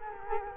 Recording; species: mosquito wingbeat signal from an infrared sensor; Culex quinquefasciatus